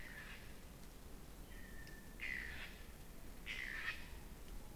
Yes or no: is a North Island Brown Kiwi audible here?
no